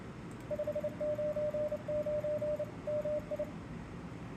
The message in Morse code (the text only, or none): 599 MI